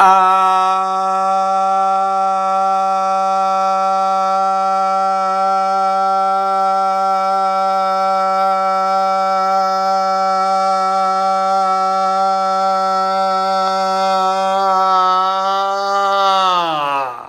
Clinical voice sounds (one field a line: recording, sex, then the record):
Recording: sustained vowel /a/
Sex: male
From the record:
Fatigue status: no fatigue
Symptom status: asymptomatic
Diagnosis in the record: COVID-19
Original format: m4a